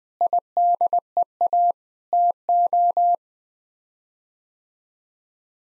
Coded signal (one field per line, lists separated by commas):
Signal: Morse code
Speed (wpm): 20 wpm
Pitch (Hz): 700 Hz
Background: none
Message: IDEA TO